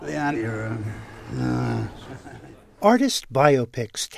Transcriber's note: grunts